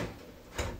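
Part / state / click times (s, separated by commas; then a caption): mounting stud into recess of metal mounting plate / not seated / none. A heater's unthreaded mounting stud on a Vevor 8 kW all-in-one diesel heater is handled against a recess in its sheet-metal mounting plate, where it is meant to lock in place. Quiet, low handling noise runs throughout, and a brief, louder broadband knock of handling comes near 0.6 s. Nothing has seated or clicked yet.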